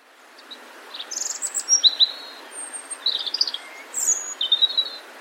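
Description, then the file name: European robin gives thin, high, varied phrases of quick trills and drawn-out whistles, in short bursts separated by brief pauses. "Erithacus rubecula"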